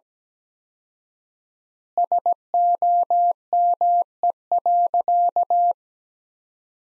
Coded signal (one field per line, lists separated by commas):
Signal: Morse code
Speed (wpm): 17 wpm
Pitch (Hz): 700 Hz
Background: none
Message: SOME.